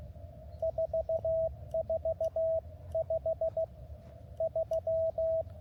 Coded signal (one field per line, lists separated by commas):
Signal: Morse code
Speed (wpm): 15 wpm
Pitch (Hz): 660 Hz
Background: radio noise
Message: 4453